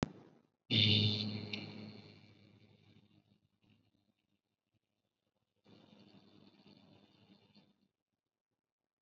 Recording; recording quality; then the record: sustained vowel as in beet; excellent, no background noise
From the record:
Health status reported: COVID-19 positive, mild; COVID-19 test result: positive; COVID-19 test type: RT-PCR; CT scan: not taken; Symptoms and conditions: cold, diarrhoea, diabetes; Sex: male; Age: 31 years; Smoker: no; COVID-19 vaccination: both doses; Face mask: worn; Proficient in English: yes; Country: India